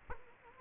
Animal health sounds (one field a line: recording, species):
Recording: mosquito wingbeat signal from an infrared sensor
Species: Culex quinquefasciatus